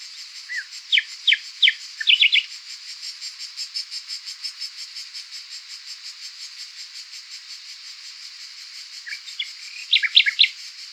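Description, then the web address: Common nightingale calls: short bursts of sharp, sweeping notes early and again near the end, over a steady, pulsing high insect trill throughout. "luscinia megarhynchos call"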